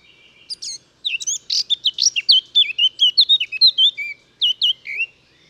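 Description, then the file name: Eurasian blackcap song: a brief scratchy chatter, then a run of loud, clear fluted whistles rising and falling, ending in a few separated notes. "Sylvia atricapilla"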